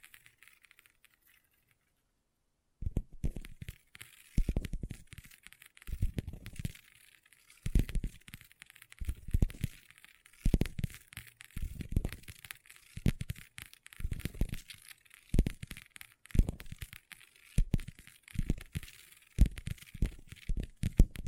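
Long fingernails tap and scratch on a tabletop, starting after nearly three seconds of silence. Firm, low knocks come in uneven clusters about once a second, laced with crisp, scratchy clicks and rustling between them, with no speech throughout.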